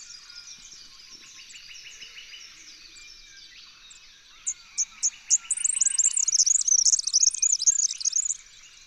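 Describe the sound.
Red-backed fairywren song: a few separate sharp introductory notes, then a loud, rapid, high reeling trill lasting about three seconds.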